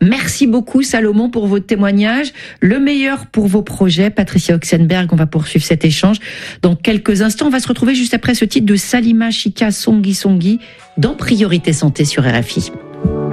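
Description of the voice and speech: A woman speaks French in a smooth, fluent radio-host style, with a clear mid-pitched voice, steady pacing and only brief pauses. The speech is typical, with no blocks, repeats or voice strain. Music begins at the very end.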